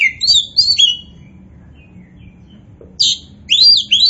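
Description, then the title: Oriental magpie-robin song with loud whistled slurs, a pause, then more sharp rising and falling whistles, over a faint low hum. Kacer poci variety, described as gacor (singing vigorously and continuously). "Kacer Poci Gacor"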